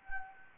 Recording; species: mosquito wingbeat signal from an infrared sensor; Anopheles gambiae